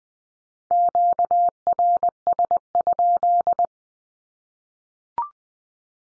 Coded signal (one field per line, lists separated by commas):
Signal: Morse code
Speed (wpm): 20 wpm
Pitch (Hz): 700 Hz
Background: none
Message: QRS?